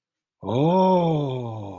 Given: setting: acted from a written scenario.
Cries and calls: vocal sound without words; awe

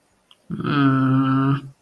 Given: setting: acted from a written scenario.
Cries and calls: vocal sound without words; sadness

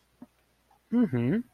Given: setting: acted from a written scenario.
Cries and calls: vocal sound without words; interest

